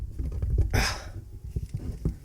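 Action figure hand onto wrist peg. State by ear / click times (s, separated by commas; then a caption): not seated / none. A plastic hand is pushed back onto the wrist peg of a glow-in-the-dark NECA "Stalker" Predator action figure. Low handling rubs and faint taps are heard, with a brief broadband rustle around 0.8 s. The hand does not snap into place as it normally would, and nothing has seated or clicked yet.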